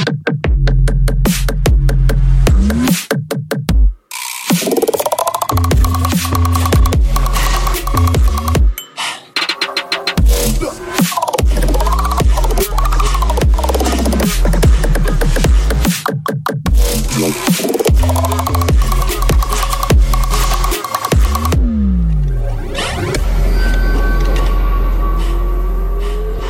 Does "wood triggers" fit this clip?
no